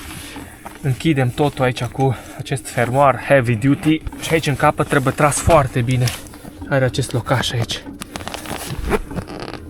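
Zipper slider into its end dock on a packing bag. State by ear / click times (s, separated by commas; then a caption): seated / 8.3 s. A heavy-duty zipper on a waterproof compression packing bag is closed while someone talks, and the slider is pulled hard to the end of the track. A quick cluster of sharp clicks and scrapes comes near 8.0–8.6 s as the slider locks into its end dock at 8.3 s.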